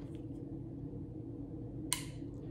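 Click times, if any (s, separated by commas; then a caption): 1.9 s. The steel hammer of a 2011-style pistol is slowly drawn back until it catches in its intermediate safety notch on the sear, making a single sharp metallic click at 1.9 s over a steady low background hum. The hammer stays put and does not fall forward.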